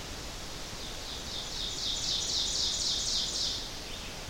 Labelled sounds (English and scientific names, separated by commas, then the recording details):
Ovenbird (Seiurus aurocapilla) song
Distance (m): 40 m
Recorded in boreal forest in Alberta, Canada, on 12 June 2016 at 07:10
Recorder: SongMeter 3, array SBT-3-18
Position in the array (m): 239 m, 84 m
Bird 31